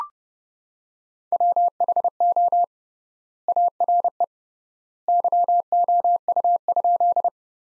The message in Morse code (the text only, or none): WHO ARE YOU?